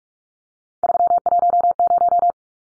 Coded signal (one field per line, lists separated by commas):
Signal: Morse code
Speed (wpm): 44 wpm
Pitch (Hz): 700 Hz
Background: none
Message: 310